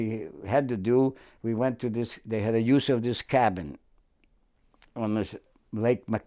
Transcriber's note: none